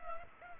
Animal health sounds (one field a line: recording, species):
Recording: mosquito wingbeat signal from an infrared sensor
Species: Culex pipiens